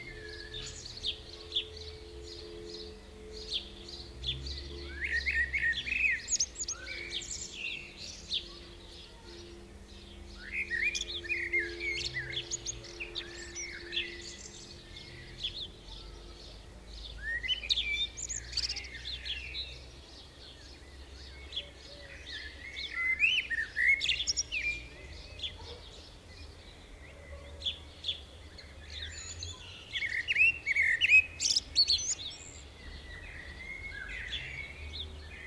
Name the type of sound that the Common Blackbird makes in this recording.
song